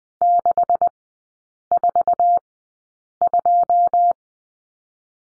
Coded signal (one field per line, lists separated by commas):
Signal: Morse code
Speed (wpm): 20 wpm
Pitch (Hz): 700 Hz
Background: none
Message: 642